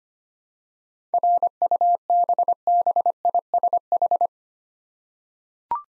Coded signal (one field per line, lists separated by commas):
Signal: Morse code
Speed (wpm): 25 wpm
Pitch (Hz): 700 Hz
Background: none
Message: RUBBISH